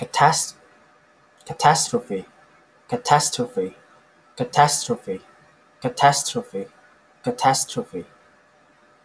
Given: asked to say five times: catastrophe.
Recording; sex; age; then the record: repeated word; male; 20 to 29 years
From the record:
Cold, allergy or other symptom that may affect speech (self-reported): no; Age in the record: 26 years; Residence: Kentucky, United States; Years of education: 20